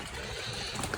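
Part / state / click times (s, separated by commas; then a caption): plastic pump part into pond filter assembly / not seated / none. A plastic pump part of a POND BOSS pond filter and pump kit is being handled for snapping into the filter assembly after the pump is plugged back in. A steady watery, bubbling wash runs throughout, with two short, sharp sounds near 0.8 s and 1.0 s. Nothing has seated or clicked into place yet.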